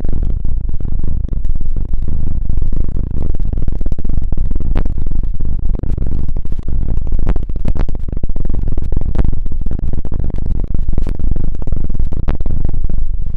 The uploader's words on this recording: ASMR INTENSE Deep Ear Cleaning (No Talking).